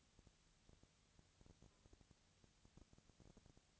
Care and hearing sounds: daily activity, microphone in the room; no activity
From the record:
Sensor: 3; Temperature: 20.6 degrees Celsius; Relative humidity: 35.7%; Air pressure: 998.8 hPa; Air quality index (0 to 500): 236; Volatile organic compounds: 71 ppm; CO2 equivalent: 3527 ppm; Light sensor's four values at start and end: 2/3/2/2 and 2/3/2/2

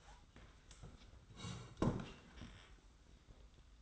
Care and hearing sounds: daily activity, microphone in the room; sit down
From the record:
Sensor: 3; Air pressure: 990.4 hPa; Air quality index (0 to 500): 169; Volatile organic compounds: 1000 ppm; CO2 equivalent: 5454 ppm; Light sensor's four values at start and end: 45/107/44/42 and 46/107/44/42

